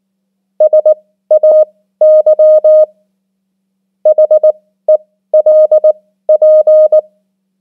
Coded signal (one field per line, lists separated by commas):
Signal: Morse code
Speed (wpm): 19 wpm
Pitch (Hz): 620 Hz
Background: none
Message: SAY HELP